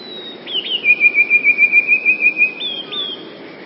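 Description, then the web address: Eurasian blue tit song: a few thin high notes, then a fast, even, slightly lower trill, ending in high flourishes, over a soft background hiss. "wroblowe teka spiew modraszkoteka"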